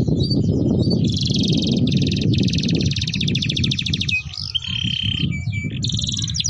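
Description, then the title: Domestic canary song: fast buzzy trills and rolling tours, switching to a steady whistled note, over a constant low hum. Song used to warm up Belgian canaries and to tutor young canaries so they start singing quickly. "Canto Para Esquentar Canário Belga. Suara Pancingan Kenari Gacor || Masteran Kenari Paud Agar Cepat Bunyi"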